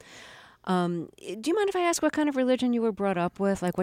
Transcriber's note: none